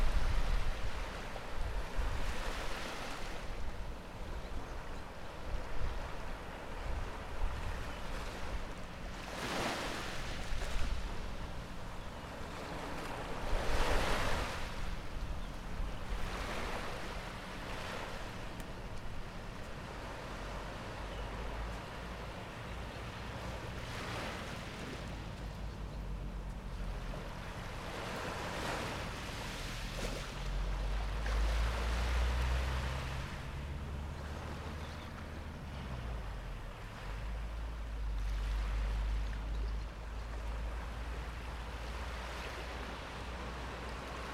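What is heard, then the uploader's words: Ocean waves wash in a steady, dense rush with a constant low rumble underneath, rising into brighter surges every few seconds, strongest near 10, 14, 24 and 32 seconds. A low engine-like hum drifts through the middle section, and wind buffets the lowest tones. In this episode we are at a small beach in between eagle beach and palm beach in Aruba. Beach Day In Aruba.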